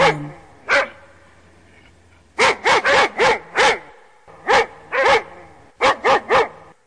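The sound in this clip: Dog barking in short sharp bursts, a single bark, another, then a fast run of five, followed by more clustered barks after a brief pause.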